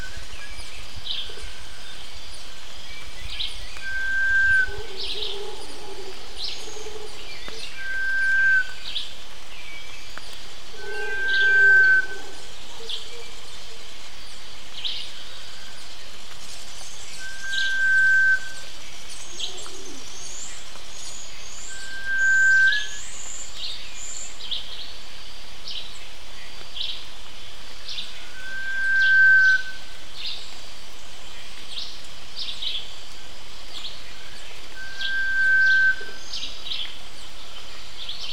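Wet jungle birdsong, with one clear whistled note repeating every four to six seconds throughout. Behind it a dense, steady wash of high chirps and trills never lets up, and a few low, soft calls surface near the start.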